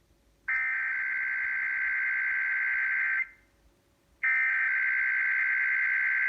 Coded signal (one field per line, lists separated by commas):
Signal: Emergency Alert System (SAME) tones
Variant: header bursts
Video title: [EAS #34-35] Sacramento's Required Monthly Test on 93.1 FM KFBK and 102.5 FM KSFM